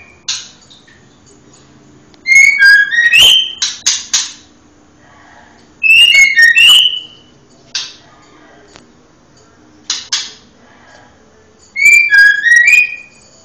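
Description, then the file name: White-rumped shama song: a few phrases of clear whistled notes mixed with sharp clicks and rattles, separated by pauses, with a few single notes between. Female bird. "betina omkicau"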